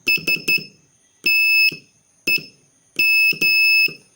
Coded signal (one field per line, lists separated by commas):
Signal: Morse code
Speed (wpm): 12 wpm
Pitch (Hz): 2600 Hz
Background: none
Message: STEM